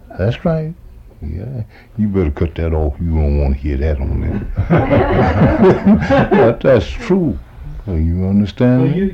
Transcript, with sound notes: That's right, yeah, you better cut that off, you don't want to hear that on there. [laughter] but that's true, I mean, you understand me?